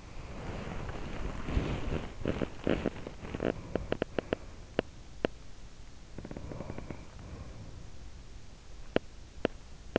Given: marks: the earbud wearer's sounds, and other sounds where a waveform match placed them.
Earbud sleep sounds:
sounds in sleep by an in-ear microphone; body movement
0.00-5.46 s: body movement
0.16-2.84 s: sound from someone else or the room
3.06-4.58 s: sound from someone else or the room
6.05-8.09 s: sound from someone else or the room
8.89-9.99 s: sound from someone else or the room

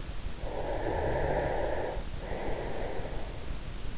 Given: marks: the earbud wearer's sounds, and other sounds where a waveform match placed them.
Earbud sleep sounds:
sounds in sleep by an in-ear microphone; breath
0.37-3.55 s: breath

